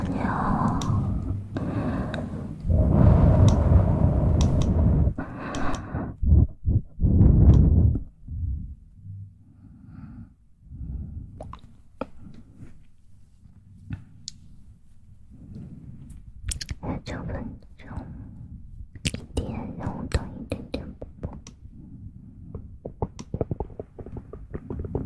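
Stones and tongues stir in the mouth: dense wet rattling and clacks for eight seconds, then sparse clicks and sharp ticks over quiet.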